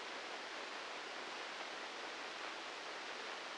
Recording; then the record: brain microelectrode recording played as sound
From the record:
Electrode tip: inside the subthalamic nucleus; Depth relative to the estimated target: -4 mm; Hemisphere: right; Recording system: NeuroSet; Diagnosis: Parkinson's disease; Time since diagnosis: 8 years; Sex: male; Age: 59 years